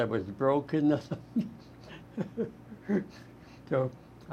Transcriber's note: laughs